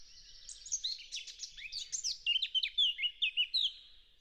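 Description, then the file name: Eurasian blackcap song opening with quiet, scratchy chattering that swells into a loud, clear series of fluty whistles near the end. "Sylvia atricapilla"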